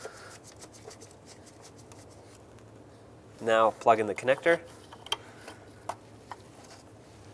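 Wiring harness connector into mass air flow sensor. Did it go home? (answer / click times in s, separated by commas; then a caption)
no / none. A wiring harness connector is pushed onto the plastic housing of a new mass air flow sensor on a 2003-09 Toyota 4Runner, with someone talking in the middle of the clip. Soft rubbing and scattered short plastic ticks are heard, the sharpest near 5.1 s. The connector is not fully engaged on this first push, and nothing has clicked into place yet.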